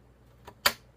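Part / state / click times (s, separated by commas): RAM module into desktop motherboard memory slot / seated / 0.7 s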